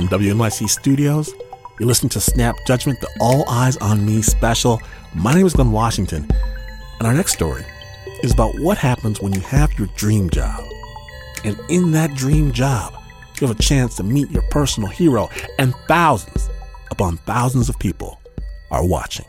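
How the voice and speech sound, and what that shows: A single adult male radio host speaks fluently and clearly at a relaxed broadcast pace, with a fairly low voice, lively pitch and brief natural pauses between phrases. Articulation and voice quality are ordinary, with no sign of a speech or voice disorder.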